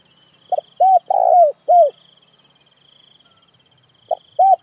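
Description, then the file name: Spotted dove coos in a four-note phrase, the middle note longest and buzzy, then a new phrase beginning at the end; faint continuous insect hum above. Calling to gather the flock. "Tieng cu gay goi bay"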